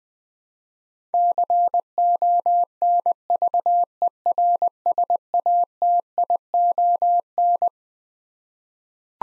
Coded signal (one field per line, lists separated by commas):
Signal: Morse code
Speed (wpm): 20 wpm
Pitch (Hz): 700 Hz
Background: none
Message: CONVERSATION